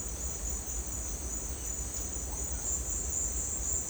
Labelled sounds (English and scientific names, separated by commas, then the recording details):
none
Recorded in dense forest near Puerto Asís, Putumayo, Colombia, on 18 December 2024 at 11:00
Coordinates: 0.466, -76.327
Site G075